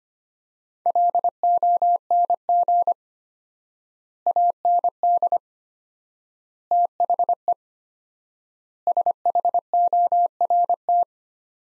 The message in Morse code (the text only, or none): LONG AND THE SHORT